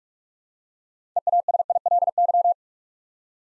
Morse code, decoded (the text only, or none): EASILY